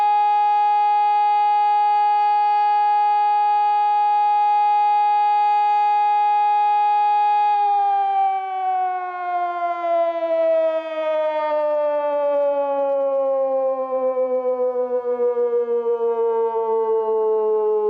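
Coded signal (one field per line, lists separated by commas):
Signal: siren signal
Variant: German Feueralarm, electronic siren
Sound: loud steady siren tone holding, then pitch slowly winding down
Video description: Monatliche Sirenenprobe in der Gemeinde Windeck am 1. Samstag im Monat um 11.00 Uhr mit dem Signal "Feueralarm".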